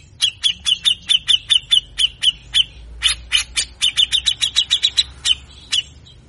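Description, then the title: Grey-cheeked bulbul giving rapid runs of harsh, buzzy chattering notes in two long bursts separated by a brief pause. Training recording for songbirds featuring full, vigorous singing with harsh rapid bursts (besetan kasar), long duration, intended to lure birds and stimulate reluctant cucak jenggot to sing. "MASTERAN CUCAK JENGGOT GACOR FULL BESETAN KASAR DURASI PANJANG !!!. Cucak Jenggot Gacor Ngotot Ampuh Pikat Suara Cucak Jenggot Malas Bunyi"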